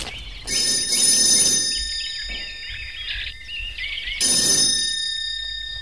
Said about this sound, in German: Heute können wir direkt vor dem Haus von Miss Agawam halten. Ja. Es scheint niemand da zu sein. Na, ich klingel mal.